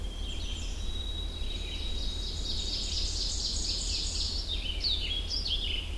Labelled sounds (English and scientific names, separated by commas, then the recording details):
Ovenbird (Seiurus aurocapilla) song
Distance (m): 50 m
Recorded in boreal forest in Alberta, Canada, on 21 June 2016 at 07:27
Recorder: SongMeter 3, array SBT-6-81
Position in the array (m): 2 m, 91 m
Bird 24